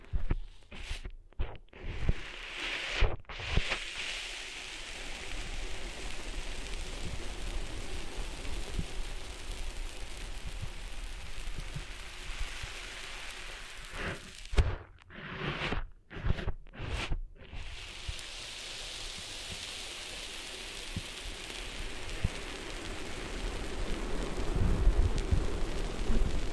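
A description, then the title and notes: Ear cleaning sounds: a dense, steady crackling hiss like rain, broken by sharp pauses near the start and around fifteen to seventeen seconds. ASMR Cleaning Sand Out of Your Ears (No Talking).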